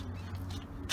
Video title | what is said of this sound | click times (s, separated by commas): Operation & Driving the Motorhome | it all the way back in until this clicks into here and it's locked into place. | 0.9 s